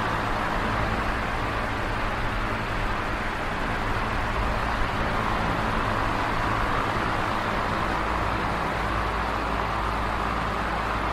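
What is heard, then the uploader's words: A fan runs steadily with a dense, even whoosh of air spread from low rumble up into a soft hiss. Faint low hum lines sit underneath, and the level barely shifts over the whole stretch, with no distinct events or sweeps. Relaxing Oscillating Stereo Fan Sounds.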